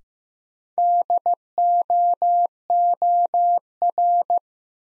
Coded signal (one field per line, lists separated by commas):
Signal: Morse code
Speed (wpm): 15 wpm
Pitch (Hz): 700 Hz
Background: none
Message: DOOR